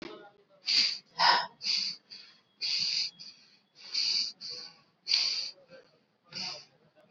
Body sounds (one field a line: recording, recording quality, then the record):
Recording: shallow breathing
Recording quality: excellent, no background noise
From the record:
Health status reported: COVID-19 positive, mild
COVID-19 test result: positive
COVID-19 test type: RT-PCR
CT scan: not taken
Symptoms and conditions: cold, sore throat, fever, fatigue, muscle pain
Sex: male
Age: 36 years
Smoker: no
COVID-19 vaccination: both doses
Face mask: worn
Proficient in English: yes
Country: India